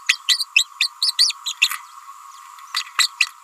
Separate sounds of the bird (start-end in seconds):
0.08-0.18, 0.28-0.46, 0.55-0.66, 0.80-0.90, 1.01-1.11, 1.18-1.33, 1.46-1.55, 1.61-1.69, 2.74-2.84, 2.98-3.08